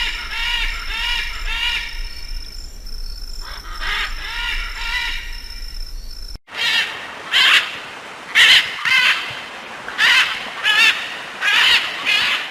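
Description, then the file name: Military macaw harsh calls, first a few squawks over a high whine, then a clearer series of loud raspy squawks about once a second. "canto del guacamayo militar"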